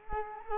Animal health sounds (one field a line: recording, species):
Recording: mosquito wingbeat signal from an infrared sensor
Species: Culex quinquefasciatus